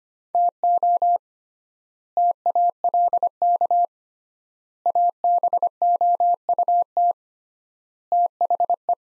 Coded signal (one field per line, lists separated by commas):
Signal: Morse code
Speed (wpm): 25 wpm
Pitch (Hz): 700 Hz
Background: none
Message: TO TALK ABOUT THE